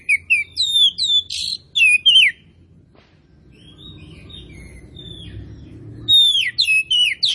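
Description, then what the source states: Oriental magpie-robin song: rapid bursts of varied whistled and slurred high notes, two phrases separated by a quiet pause of about four seconds. Kacer Tretes variety, described as gacor (singing vigorously and continuously).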